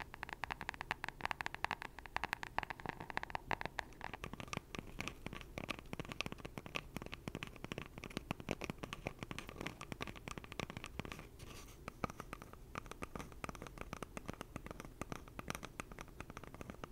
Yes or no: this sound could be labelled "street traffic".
no